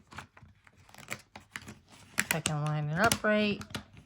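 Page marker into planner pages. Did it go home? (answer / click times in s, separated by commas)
no / none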